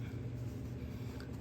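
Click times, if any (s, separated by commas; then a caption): none. A plastic bridging piece is pressed onto a brick model over a steady low hum, with only a faint tick around 1.2 s. The piece does not snap home and leaves a gap; nothing has seated or clicked.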